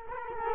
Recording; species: mosquito wingbeat signal from an infrared sensor; Culex quinquefasciatus